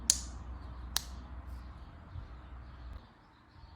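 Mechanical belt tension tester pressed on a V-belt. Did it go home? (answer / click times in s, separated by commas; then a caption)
yes / 0.1 s. A LEOTECH OPTIKRIK V1 mechanical pen-type belt tension gauge is pressed onto a single V-belt between two 125 mm pulleys, its red plunger pushed down until it gives a sharp click at 0.1 s, followed by a second fainter tick at about 1.0 s over a low steady hum that fades at 3.0 s. The gauge reads 200 N against the required 400 N initial-fit tension, so the belt needs retensioning.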